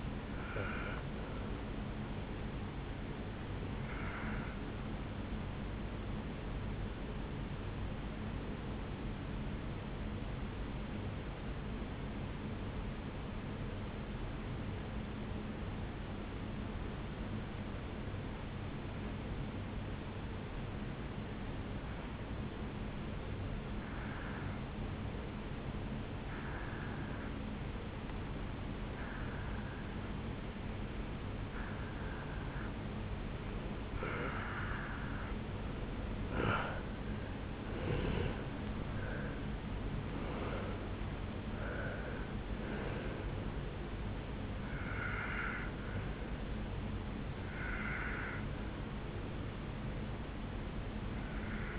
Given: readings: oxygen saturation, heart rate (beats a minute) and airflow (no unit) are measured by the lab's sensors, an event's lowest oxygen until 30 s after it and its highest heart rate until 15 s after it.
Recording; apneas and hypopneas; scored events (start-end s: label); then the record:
breathing in sleep by a voice recorder at the bedside; 1
16.00-34.00 s: obstructive apnea (N2, oxygen 97% highest, then 88% lowest, heart rate 57 at the start, 74 highest)
35.00-51.79 s: new sleep stage, N1 (lightest sleep)
From the record:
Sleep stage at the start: N2 (light sleep); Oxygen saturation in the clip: 88 to 97%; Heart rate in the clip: 57 to 74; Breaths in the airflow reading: 7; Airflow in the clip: -8.8 to 7.1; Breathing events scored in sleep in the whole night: 449 in 7.0 hours asleep